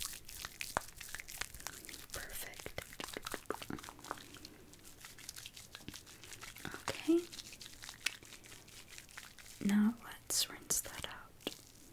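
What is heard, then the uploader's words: A haircut with hair washing: dense, irregular crinkling and snipping clicks throughout, a low steady hum beneath, and brief voice-like tones near seven and ten seconds. ASMR The Most Relaxing Haircut And Hair Wash (realistic layered sounds).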